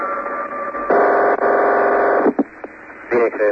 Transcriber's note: telephone ringing